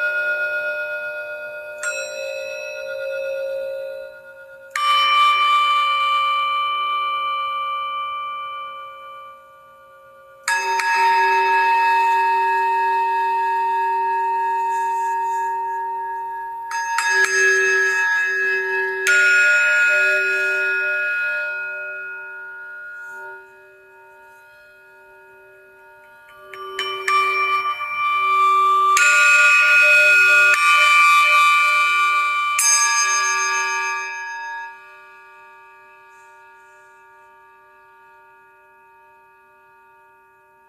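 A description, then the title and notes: Singing bowls are struck one after another, each ring starting sharply and then humming for several seconds as it slowly fades. Strikes land roughly every five to six seconds, with a louder cluster near the thirty-second mark, and quiet stretches in between. Sounds of Singing Bowls.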